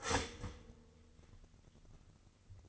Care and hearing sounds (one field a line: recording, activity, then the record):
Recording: daily activity, microphone in the room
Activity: start toaster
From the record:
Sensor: 4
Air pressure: 1007.9 hPa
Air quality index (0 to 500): 105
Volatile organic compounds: 1 ppm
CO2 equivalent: 777 ppm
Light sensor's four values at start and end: 10/22/9/10 and 11/25/10/11